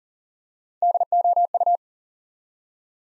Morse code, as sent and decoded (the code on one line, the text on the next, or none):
-.. --- ..-
DOU